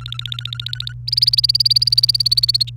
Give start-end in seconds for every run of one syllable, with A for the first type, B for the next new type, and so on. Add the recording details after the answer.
0.00-0.93 A, 1.07-2.70 B. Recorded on 29 April 2018 at 17:42. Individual llb3